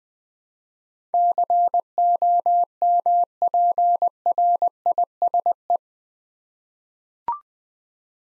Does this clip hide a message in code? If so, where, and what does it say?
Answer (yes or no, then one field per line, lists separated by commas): yes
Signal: Morse code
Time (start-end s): 1.1-5.8 s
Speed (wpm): 20 wpm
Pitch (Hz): 700 Hz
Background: none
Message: COMPRISE